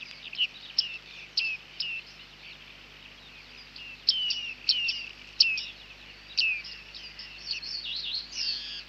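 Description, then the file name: Bearded reedling calls, bursts of high downslurred pings and twitters in clusters, separated by brief quieter gaps. "Bearded Tit (Panurus biarmicus)"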